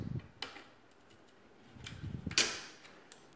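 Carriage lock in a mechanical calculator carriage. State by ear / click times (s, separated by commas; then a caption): seated / 2.4 s. A carriage lock on the carriage of a Monroe KA mechanical calculator is worked as the carriage mechanism is moved. A few light mechanical clicks and soft rattles lead up to a sharp, bright snap at 2.4 s as the lock snaps back into place on the metal parts, seating it.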